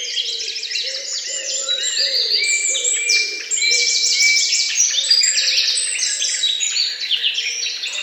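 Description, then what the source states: Bird: a busy chorus of sharp, high trills and chirps overlaps constantly, with a faint low repeated sound in the background. Morning bird songs.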